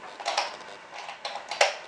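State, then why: Not seated. A child pulls the plastic priming slide of a NERF Strongarm toy dart blaster, making short plastic rattling and scraping bursts around 0.3–0.4 s and again from 1.3 to 1.6 s. The slide has not caught or clicked into place, so another, harder pull is needed.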